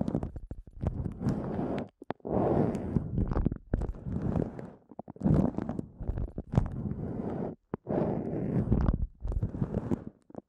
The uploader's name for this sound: ASMR Sensitive Eardrum Massage